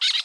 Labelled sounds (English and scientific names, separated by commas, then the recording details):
Brown-throated Parakeet (Eupsittula pertinax) contact call
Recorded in Curacao
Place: N of oil terminal (Bullenbaai)
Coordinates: 12.200, -69.020